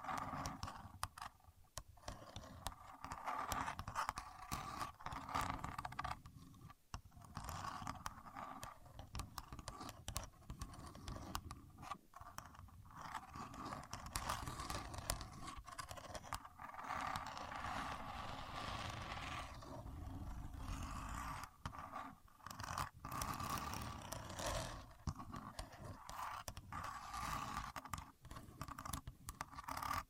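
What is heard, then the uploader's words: A contour gauge being used, its pins scraping and clicking as they're pressed and shifted. The sound is busy and continuous, with frequent sharp ticks and brief rattles scattered throughout, and a faint steady tone holding in the middle range. Using A Contour Gauge (No Talking).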